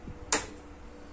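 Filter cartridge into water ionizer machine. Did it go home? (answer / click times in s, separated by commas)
yes / 0.3 s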